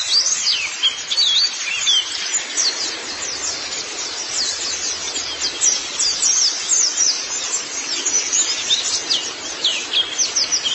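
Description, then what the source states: White-eye song: sharp, high chirps and quick rising and falling sweeps repeat in lively bursts across the whole stretch. Chirping song (kicauan).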